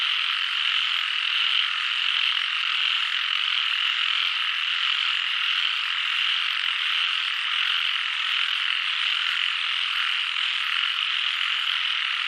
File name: frogs chorus doi suthep national park thailand